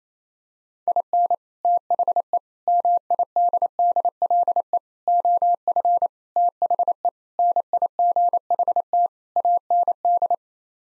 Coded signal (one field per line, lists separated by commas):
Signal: Morse code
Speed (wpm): 28 wpm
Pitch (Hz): 700 Hz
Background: none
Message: IN THE MIDDLE OF THE NIGHT AND